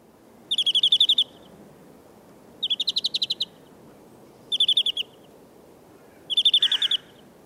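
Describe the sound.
European greenfinch song of rapid, high trilled bursts, each under a second long, repeated four times roughly every two seconds.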